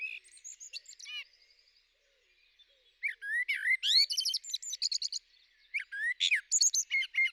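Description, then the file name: Eurasian blackbird song that starts with soft, faint twitters, falls quiet, then returns loudly with rich warbled notes and shrill, squeaky trills. "Merel"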